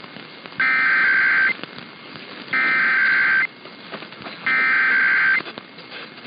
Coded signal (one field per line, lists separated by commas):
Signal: Emergency Alert System (SAME) tones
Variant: header bursts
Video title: Nebraska Required Monthly Test on KFAB 1110 (EAS #12316) 8/15/23